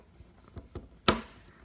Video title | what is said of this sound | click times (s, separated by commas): How-to/ DIY: Setup GoPro HJC CL-16 Helmet Mount | 3m piece you'll hear a click okay | 1.1 s